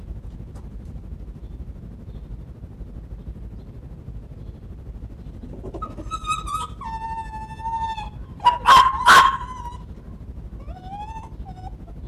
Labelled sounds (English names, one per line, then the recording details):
Arctic Fox
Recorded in captivity
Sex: pair
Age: adult
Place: Zoologisches Institut der HUB, Berlin, DE
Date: 1957-04-11 13:40
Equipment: Elmetra
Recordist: Tembrock, Günter
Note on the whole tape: Fuchsanlage: "Nina": gackerndes, rhythmisches Begrüßungswinseln; "Teddy": Muckern (vermutlich von "Teddy") und mehrfach Bellstrophe (ohne Schnitt)